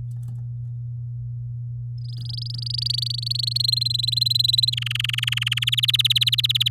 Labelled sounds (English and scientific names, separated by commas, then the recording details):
Domestic Canary (Serinus canaria) song
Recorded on 8 May 2018 at 12:46
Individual llb16